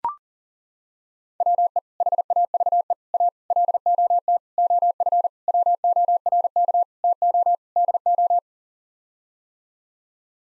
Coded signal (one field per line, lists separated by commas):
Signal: Morse code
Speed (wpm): 40 wpm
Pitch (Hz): 700 Hz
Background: none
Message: WE HAVE A LOT OF WORK TO DO